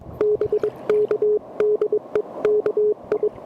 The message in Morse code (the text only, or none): BK DE KI